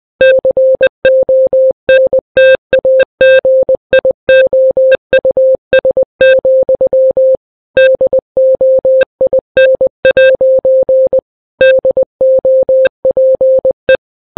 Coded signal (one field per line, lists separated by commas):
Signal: Morse code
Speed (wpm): 20 wpm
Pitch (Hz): 520 Hz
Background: none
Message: CONTAGIOUS, DOIN' DOPE